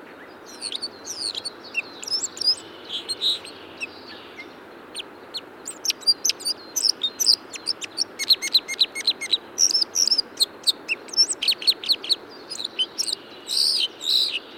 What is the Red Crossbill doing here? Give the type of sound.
song